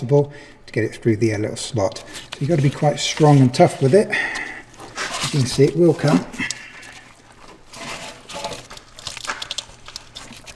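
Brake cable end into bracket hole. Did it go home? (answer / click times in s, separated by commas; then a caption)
no / none. A brake cable end on a 2008–2021 Grand Caravan's rear brake is worked through a small slot toward the hole in its bracket, where top and bottom locking tabs will snap into place. Someone talks over the handling, and a few short knocks and rattles come around 9.1 to 9.6 seconds. Nothing has seated or clicked yet.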